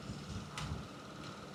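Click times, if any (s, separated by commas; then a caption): 0.6 s. An inch-pound torque wrench tightens a bolt on a 5.3 LS engine during a two-pass torque sequence (44, then 89 in-lb), checking for loose bolts behind an oil leak. Over a steady low rumble, a sharp click from the wrench sounds at 0.6 s, confirming it reached its setting.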